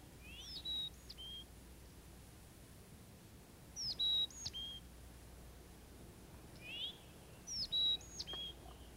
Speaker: Here's the sweet song of the chickadee.